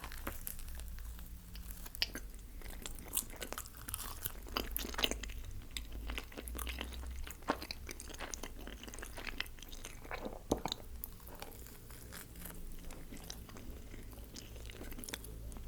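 Eating pepperoni pizza with steady, dense crunching and chewing, sharp bites popping out irregularly every second or so over a low background hum.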